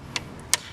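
A click-type torque wrench tightens a valve cover bolt on a 1998 Toyota Corolla. Faint ratcheting ticks at 0.2 s and 0.8 s surround a sharp, loud click at 0.5 s as the wrench breaks over. That click means the bolt is at torque.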